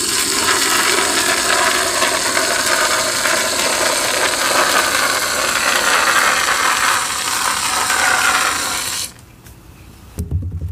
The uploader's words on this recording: Red Holi + Spray Foam Reforming. Oddly satisfying mixing paste, Holi powder, spray foam and pouring into a tin.